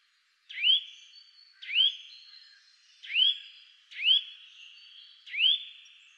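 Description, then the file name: Eurasian nuthatch calling, five ringing upslurred whistles at slow, uneven spacing, each trailing into a faint steady tone. "Sitta europaea"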